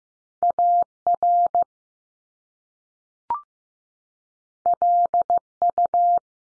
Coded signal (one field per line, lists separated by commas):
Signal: Morse code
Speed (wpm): 15 wpm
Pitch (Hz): 700 Hz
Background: none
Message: A R L U